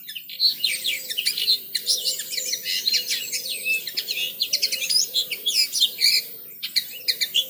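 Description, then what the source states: Birds singing in a dense, continuous chorus of rapid chirps and trills that overlap throughout. Birds singing in a garden.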